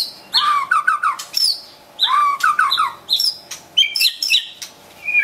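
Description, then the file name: White-rumped shama: songbird phrases of quick descending whistles and harsh chattering notes in repeated bursts, with high squeaky accents. Wild bird from a forest in Medan, singing actively (gacor). "suara burung murai batu hutan medan gacor"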